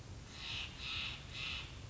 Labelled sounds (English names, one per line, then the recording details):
Steller's Jay
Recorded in Sonoma County, California